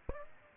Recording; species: mosquito wingbeat signal from an infrared sensor; Aedes aegypti